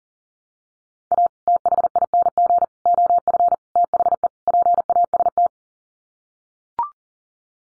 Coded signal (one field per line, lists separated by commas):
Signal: Morse code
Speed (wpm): 40 wpm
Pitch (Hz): 700 Hz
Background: none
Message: A THING OF THE PAST